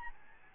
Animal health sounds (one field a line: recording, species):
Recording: mosquito wingbeat signal from an infrared sensor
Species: Aedes albopictus